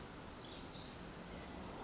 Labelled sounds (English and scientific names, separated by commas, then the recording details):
Pacific Wren (Troglodytes pacificus)
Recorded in Sonoma County, California